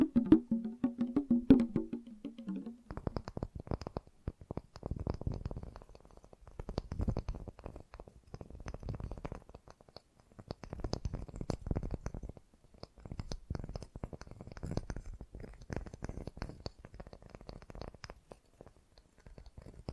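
Fast, gentle tapping runs through the whole clip as dense, uneven clicks, some crisper and brighter than others. For the first three seconds a low, wavering voice-like tone sits under the taps, then stops, leaving only the soft, busy patter.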